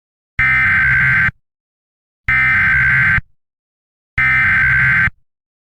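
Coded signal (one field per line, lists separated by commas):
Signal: Emergency Alert System (SAME) tones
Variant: header bursts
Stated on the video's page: Simulated EAS scenario.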